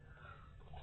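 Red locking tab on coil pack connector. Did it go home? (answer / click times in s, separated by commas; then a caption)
no / none. Someone handles the red plastic locking tab on a coil pack connector, getting ready to push it forward until it locks. There is only faint, low handling noise, then a sudden louder burst right at the very end as the clip cuts off. Nothing has seated or clicked yet.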